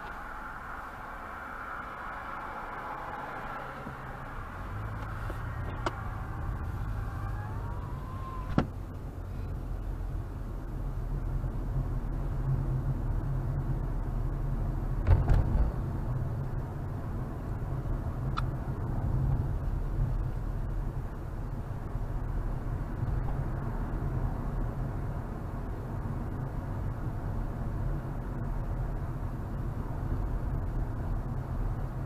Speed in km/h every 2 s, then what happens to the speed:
0, 0, 2, 10, 24, 34, 40, 44, 44, 47, 50, 48, 50, 50, 50, 50.
0-4 standing. 4-19 pulls away to 50. 19-32 steady at about 50.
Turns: none.